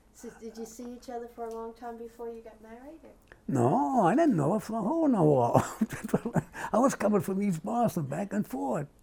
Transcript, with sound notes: So, did you see each other for a long time before you got married? Or?
No, I didn't know her from a hole in the wall! [laughs] I was coming from East Boston back and forth.